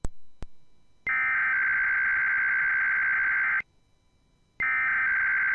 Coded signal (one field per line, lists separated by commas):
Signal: Emergency Alert System (SAME) tones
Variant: header bursts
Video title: IPAWSCAP Weeklies, 1 ADR & KLOX DMO (EAS 390-398)